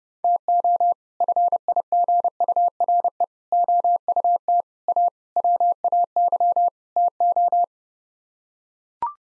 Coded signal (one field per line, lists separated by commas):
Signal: Morse code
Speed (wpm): 32 wpm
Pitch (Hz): 700 Hz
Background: none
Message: TO FIGURE OUT A WAY TO